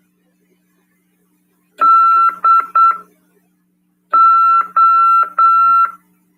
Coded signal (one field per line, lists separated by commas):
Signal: Morse code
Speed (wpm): 8 wpm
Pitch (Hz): 1340 Hz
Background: none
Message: DO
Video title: RADIOAMADOR 31/12/2022 "AULA 55: CW, LEGIS e C.RODADA" PY2EXU PAULO SP/SP FM 146.410 Mhz CRAS/RAF.